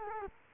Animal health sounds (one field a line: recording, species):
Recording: mosquito wingbeat signal from an infrared sensor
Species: Culex quinquefasciatus